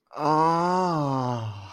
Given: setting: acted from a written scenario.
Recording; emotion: vocal sound without words; ecstasy